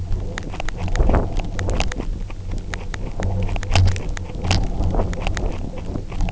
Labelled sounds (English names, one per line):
none